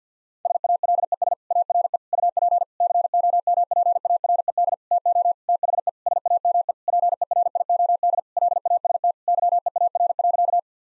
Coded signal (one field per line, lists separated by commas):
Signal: Morse code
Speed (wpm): 50 wpm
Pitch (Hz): 700 Hz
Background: none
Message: SALES ARE UP COMPARED TO THE SAME PERIOD LAST YEAR.